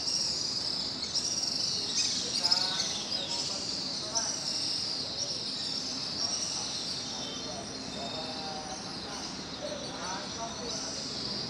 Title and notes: Kolong Walet. suara dari anggota keluarga Burung Walet yang bersarang di sudut-sudut beton bawah Jembatan Pasar Sentral Pangkajene